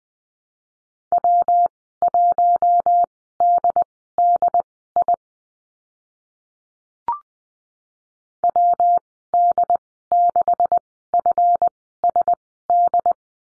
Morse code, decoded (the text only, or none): W1DDI WD6FSD